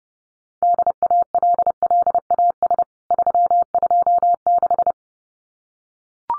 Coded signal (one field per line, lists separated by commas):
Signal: Morse code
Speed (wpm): 30 wpm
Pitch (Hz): 700 Hz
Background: none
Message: DALLAS 326